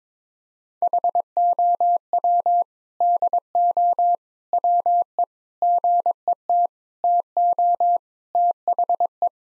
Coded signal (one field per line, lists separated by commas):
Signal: Morse code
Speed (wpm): 22 wpm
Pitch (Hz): 700 Hz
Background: none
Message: HOW DO WE GET TO THE